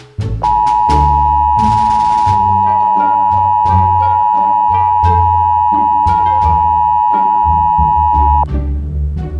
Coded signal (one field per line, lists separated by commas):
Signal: Emergency Alert System (SAME) tones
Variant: 853 and 960 Hz attention tone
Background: music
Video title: How to make eas scenarios in KineMaster